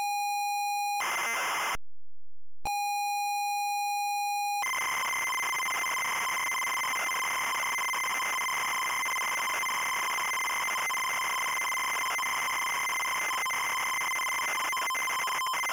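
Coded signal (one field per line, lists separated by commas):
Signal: ZX Spectrum tape loading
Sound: steady buzzy pilot tone, short silence, pilot again, then harsh rasping data screech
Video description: Loading and short gameplay introduce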